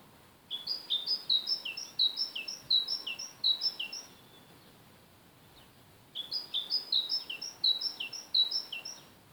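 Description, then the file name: Great tit song: bright two-note phrases, high and lower notes alternating rapidly in a four-second bout, a pause, then a second similar bout; faint background hiss. "Parus major"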